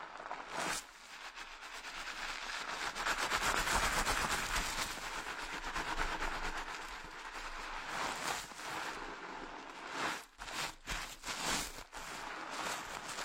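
Dense rustling and scratching from a head massage, swelling through the middle, with sharp brushing bursts near the start and around ten to twelve seconds.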